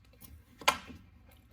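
A plastic cap is pressed back over the spare tire lock access hole on a 2019-or-newer GMC/Chevy truck after the spare has been stowed. A few faint ticks come first, then one loud, sharp snap at 0.7 s, followed by another short knock near the end. The cap snaps on and is seated.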